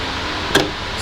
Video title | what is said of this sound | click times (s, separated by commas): g35 to g37 front conversion prt 5 Hood shocks + front end | uh so pretty much we're just gonna go ahead and get these on these are going to snap into place | 0.6 s